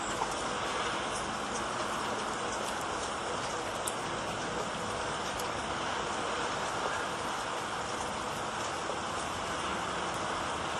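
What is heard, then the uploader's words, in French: Light rain falls in a village, a steady, even hiss that holds at the same level throughout. The wash is dense and fills the low rumble up to a bright top, with faint scattered ticks of drops here and there. Dans cet épisode, nous vous proposons un son réel de petite pluie dans un petit village. Petite pluie dans le village.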